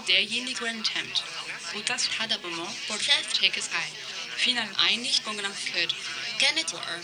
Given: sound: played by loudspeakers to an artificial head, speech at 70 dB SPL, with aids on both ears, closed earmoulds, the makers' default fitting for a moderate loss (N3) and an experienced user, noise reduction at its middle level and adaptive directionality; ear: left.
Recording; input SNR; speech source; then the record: speech test signal (ISTS) in cocktail-party noise; +6 dB; in front (0 degrees)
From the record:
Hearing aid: class 2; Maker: A